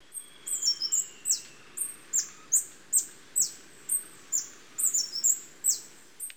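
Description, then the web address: Hummingbird chirping: very high, thin squeaky notes that drop sharply in pitch, given in a steady series, sometimes in quick doubled bursts. "sonidos de la naturaleza colibries"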